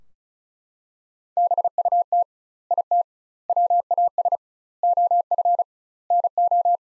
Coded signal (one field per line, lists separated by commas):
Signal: Morse code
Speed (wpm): 36 wpm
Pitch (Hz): 700 Hz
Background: none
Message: BUT IT WAS OF NO